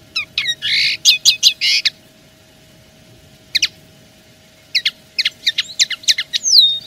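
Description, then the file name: Common linnet song, quick bursts of dry twittering notes and buzzy chirps, pausing midway then resuming with varied whistled notes over a steady hum. Wild-caught linnet singing as a decoy bird, pure field-style decoy song, Spanish Silvestrismo wild-bird keeping. "Pardillo cantando reclamo campero puro Silvestrismo"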